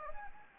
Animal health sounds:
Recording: mosquito wingbeat signal from an infrared sensor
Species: Anopheles gambiae

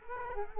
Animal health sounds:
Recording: mosquito wingbeat signal from an infrared sensor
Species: Culex quinquefasciatus

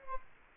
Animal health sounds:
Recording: mosquito wingbeat signal from an infrared sensor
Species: Culex quinquefasciatus

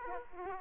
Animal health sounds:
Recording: mosquito wingbeat signal from an infrared sensor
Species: Aedes aegypti

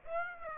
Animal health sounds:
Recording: mosquito wingbeat signal from an infrared sensor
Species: Aedes aegypti

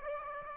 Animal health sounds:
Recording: mosquito wingbeat signal from an infrared sensor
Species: Aedes aegypti

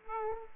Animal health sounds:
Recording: mosquito wingbeat signal from an infrared sensor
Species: Aedes aegypti

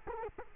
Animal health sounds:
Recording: mosquito wingbeat signal from an infrared sensor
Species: Culex quinquefasciatus

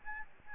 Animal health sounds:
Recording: mosquito wingbeat signal from an infrared sensor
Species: Aedes albopictus

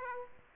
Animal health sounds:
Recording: mosquito wingbeat signal from an infrared sensor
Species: Aedes aegypti

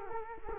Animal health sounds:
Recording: mosquito wingbeat signal from an infrared sensor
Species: Culex quinquefasciatus

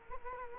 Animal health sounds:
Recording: mosquito wingbeat signal from an infrared sensor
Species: Culex quinquefasciatus

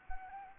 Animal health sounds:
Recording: mosquito wingbeat signal from an infrared sensor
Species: Anopheles gambiae

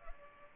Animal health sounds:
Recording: mosquito wingbeat signal from an infrared sensor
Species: Culex pipiens

